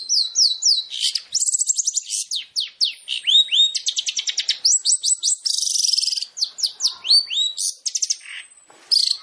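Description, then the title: Long-tailed shrike song: rapid downslurred whistles, chattering trills and a harsh grating burst, delivered almost without pause. Long-tailed shrike song compiled as a masteran training track for other shrikes, featuring full tembakan (rapid bursts). "MASTERAN TERBAIK CENDET FULL TEMBAKAN"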